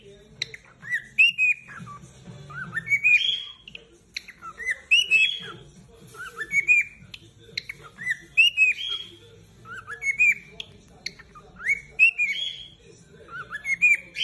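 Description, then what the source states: Cockatiel whistled song: rising, slurred whistles ending in bright notes, repeated about every two seconds, over a faint low hum. Several cockatiels singing with whistles.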